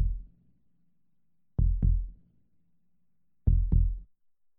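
Paired low lub-dub thumps of a normal human heartbeat, slow and regular at roughly 32 a minute, heard in a hospital.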